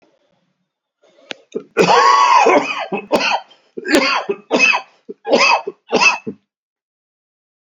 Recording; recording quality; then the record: heavy voluntary cough; excellent, no background noise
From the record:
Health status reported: recovered from COVID-19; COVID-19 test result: positive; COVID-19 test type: RT-PCR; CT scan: not taken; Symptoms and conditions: cough, another respiratory illness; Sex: male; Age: 53 years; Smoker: no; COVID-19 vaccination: both doses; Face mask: not worn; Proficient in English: yes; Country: India